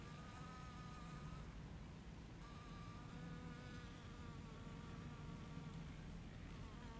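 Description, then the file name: Fly buzzing with a clear, wobbling pitch in a few bursts, heard over a steady low wind rush and an engine-like drone. Garden at midday, with wind in the trees and a lawnmower running. "Ventando nas arvores jardim ao meio dia com mosca e cortador de grama"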